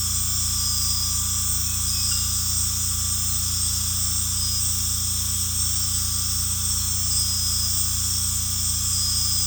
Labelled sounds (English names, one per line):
none